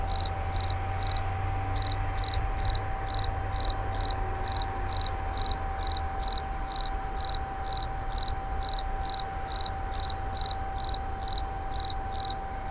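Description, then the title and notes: Insect song: a long run of brief pulsed chirps at a steady pace, with a constant hum and low rumbling. Recorded in 2011 at Moulins-sur-Allier, near a wastewater treatment plant. "Insect near WWTP. 2011, Moulins sur allier"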